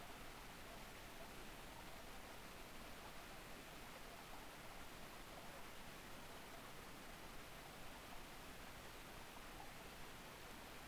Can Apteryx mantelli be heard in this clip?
no